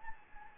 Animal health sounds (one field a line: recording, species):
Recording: mosquito wingbeat signal from an infrared sensor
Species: Anopheles gambiae